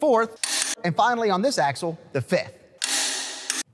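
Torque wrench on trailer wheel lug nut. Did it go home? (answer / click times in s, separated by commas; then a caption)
yes / 2.8 s. Someone talks, then a click-type torque wrench tightens the final lug nut on a trailer wheel on a 3.5K axle. A sharp click at 2.8 s shows the nut has reached the proper torque, followed by a brief rasping burst and another sharp snap near 3.5 s. The wheel is complete.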